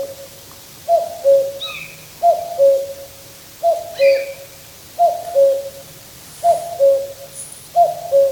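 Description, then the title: Common cuckoo giving its two-note cu-coo, a higher note dropping to a lower one, repeated several times. Heard on a summer night beside a river in Finland; the call is described as crisp and clear. "来自芬兰一个夏天的夜晚，布谷鸟在河边清脆的叫声"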